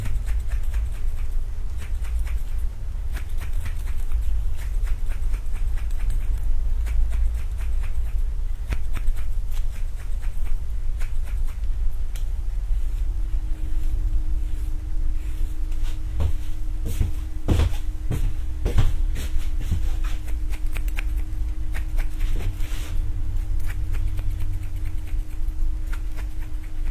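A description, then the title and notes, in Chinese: A haircut in binaural-style sound: crisp scissor snips click across the whole clip, bunching up most densely around the sixteen to nineteen second mark. A deep, steady rumble sits underneath, with a faint humming tone that drops slightly in pitch partway through. 3D音效 剪发。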